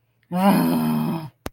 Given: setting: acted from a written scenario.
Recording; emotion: vocal sound without words; anger